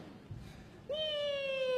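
A single drawn-out cat meow in a 2018 Beijing opera and folk-art program starts after a quiet, murmuring stretch, holding a fairly high, steady pitch that sinks slightly as it fades on for about a second.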